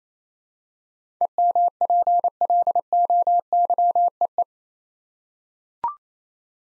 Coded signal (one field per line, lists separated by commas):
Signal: Morse code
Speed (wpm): 27 wpm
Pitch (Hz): 700 Hz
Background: none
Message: EMPLOYEE